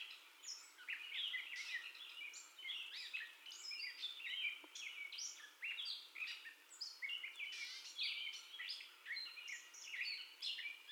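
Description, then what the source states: Gray catbird song, a long, varied medley of squeaks, buzzy notes and whistled slurs delivered almost without pause. First song of the gray catbird, recorded on 30 May 2021 at 04:48.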